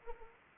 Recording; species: mosquito wingbeat signal from an infrared sensor; Anopheles arabiensis